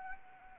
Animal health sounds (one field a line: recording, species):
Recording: mosquito wingbeat signal from an infrared sensor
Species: Anopheles arabiensis